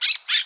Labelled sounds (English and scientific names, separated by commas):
Brown-throated Parakeet (Eupsittula pertinax) contact call